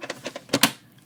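A metal lid is snapped back onto a colored pencil tin a second time to show how it shuts. A few light ticks come first, then a sharp metallic snap at 0.6 s as the lid seats securely.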